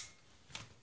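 The plastic fold-lock latch on the folded frame of an Uppababy G-Luxe stroller is pulled back and pushed down to unfold the stroller. A single sharp click at 0.6 s marks the latch releasing open, with quiet background before and after.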